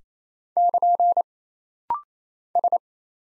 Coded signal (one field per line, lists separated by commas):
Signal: Morse code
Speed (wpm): 27 wpm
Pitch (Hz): 700 Hz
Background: none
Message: <KN> S